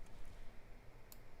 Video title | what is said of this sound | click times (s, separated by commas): Dog Grooming Tools Not Cutting? | Two. And you can hear it click. You can feel it click. | 1.1 s